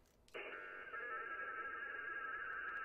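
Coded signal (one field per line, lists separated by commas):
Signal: HF data modem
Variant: ARDOP or WINMOR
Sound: sudden dense multi-tone data hiss filling the voice band, steady throughout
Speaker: yes okay there you go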